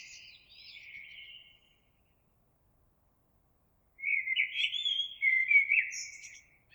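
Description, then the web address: Eurasian blackbird singing: a soft warbled phrase ends, then after a pause a louder, rich fluting phrase with a squeaky high flourish. Recorded on 26 April 2022. "oiseaux Merle 2022 04 26"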